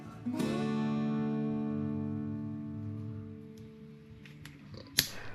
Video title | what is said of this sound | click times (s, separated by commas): Usterka zaworu zwrotnego w ekspresie Jura, jak naprawić ?☕🔧 | Charakterystyczny klik świadczy o prawidłowym zapięciu zatrzasków. | 5.0 s